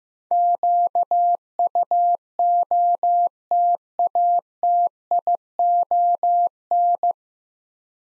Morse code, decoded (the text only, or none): QUOTATION